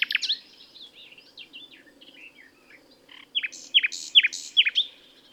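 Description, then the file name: Common nightingale song: a few loud notes, then a soft run of varied warbled notes, then loud repeated sharp downslurred whistles about every half second, over a low hum. "Luscinia megarhynchos"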